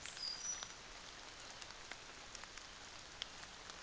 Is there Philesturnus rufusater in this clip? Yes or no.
no